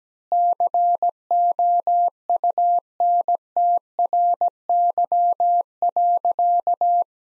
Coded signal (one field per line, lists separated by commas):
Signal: Morse code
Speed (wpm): 17 wpm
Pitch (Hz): 700 Hz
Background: none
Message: COUNTRY.